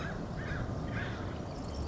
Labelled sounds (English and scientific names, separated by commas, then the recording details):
Acorn Woodpecker (Melanerpes formicivorus)
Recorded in Sonoma County, California